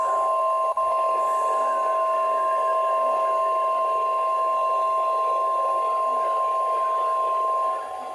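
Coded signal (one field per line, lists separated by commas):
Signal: Emergency Alert System (SAME) tones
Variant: 1050 Hz attention tone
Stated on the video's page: Required Weekly Test SAME tones from the NWS in Pendleton, Oregon, over NOAA Weather Radio stations WWH27/WWH28; operational tones.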